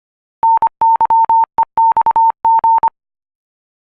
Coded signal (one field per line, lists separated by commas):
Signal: Morse code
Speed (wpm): 25 wpm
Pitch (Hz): 910 Hz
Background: none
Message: NYEXG